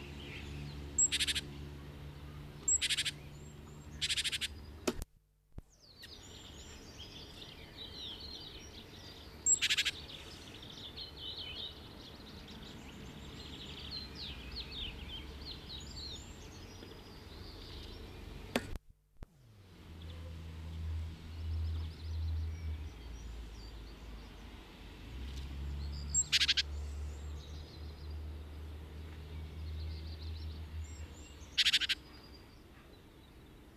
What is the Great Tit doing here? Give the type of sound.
song